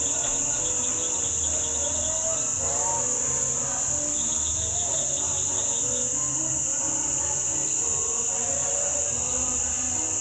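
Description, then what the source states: Insects sustain a dense, even high-pitched buzz, with faint pulsed trills and a group of people singing beneath it. Night ambience, Nkolmbong-Nord neighborhood, Émana, Yaoundé 1, Cameroon, 28 November 2023, 6:29 p.m.; Pentecostal congregation singing in background; iPhone 7, low quality.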